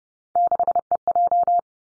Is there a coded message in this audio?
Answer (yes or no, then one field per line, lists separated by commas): yes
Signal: Morse code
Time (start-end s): 0.4-1.6 s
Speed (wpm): 30 wpm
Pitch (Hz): 700 Hz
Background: none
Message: 6EJ